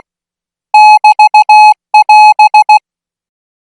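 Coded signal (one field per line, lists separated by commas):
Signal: Morse code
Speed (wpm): 16 wpm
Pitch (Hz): 850 Hz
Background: music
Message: <BT><AS>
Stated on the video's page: Thai military signal school Morse practice signal at 20 words per minute.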